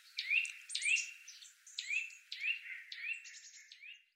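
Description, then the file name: Eurasian nuthatch calls: quick rising whistled notes in an uneven run, some overlapping, mixed with thin high twittering notes above. "Sitta europaea"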